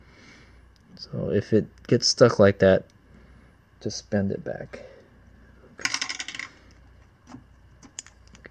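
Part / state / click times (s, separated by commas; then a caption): crimped terminal into plastic connector housing of scooter wiring / seated / 8.0 s. While rewiring the throttle on a Razor E200 scooter, a crimped metal terminal has its locking tab bent back out and is pushed into a plastic connector housing as someone talks. A burst of small metallic rattles and clicks follows around 5.9–6.4 s. A sharp click at 8.0 s marks the terminal locking into the housing.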